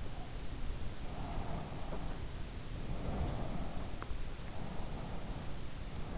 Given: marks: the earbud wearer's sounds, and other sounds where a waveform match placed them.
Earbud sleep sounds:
sounds in sleep by an in-ear microphone; breath
0.86-4.35 s: breath

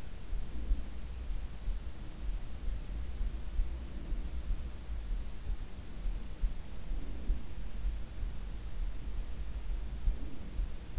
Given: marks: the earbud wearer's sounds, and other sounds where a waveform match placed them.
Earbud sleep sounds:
sounds in sleep by an in-ear microphone; breath
0.00-1.24 s: breath
3.26-4.75 s: breath
6.63-7.58 s: breath
9.81-10.99 s: breath

